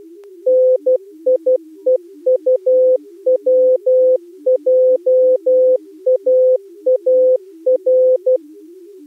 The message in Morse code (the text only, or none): NIEUWJAAR